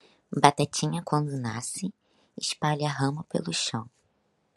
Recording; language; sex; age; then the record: short text; Brazilian Portuguese; female; 20 to 29 years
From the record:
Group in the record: control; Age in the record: 22 years